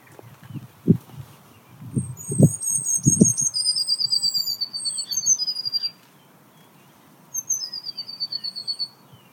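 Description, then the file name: Eurasian blue tit calling with thin, high trilled and descending notes, some in rapid runs, alongside low thumping knocks early on and rustling through much. "Cyanistes caeruleus"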